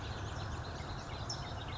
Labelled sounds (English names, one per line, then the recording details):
California Towhee
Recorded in Sonoma County, California